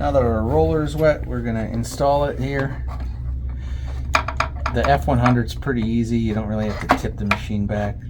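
Someone talks while the wet brush roller is handled at the head of a Hizero F100 hard-floor cleaner, being fitted into its housing without tipping the machine back. A few sharp handling knocks are heard between about 4.2 and 4.7 seconds. The roller has not seated or clicked into place yet.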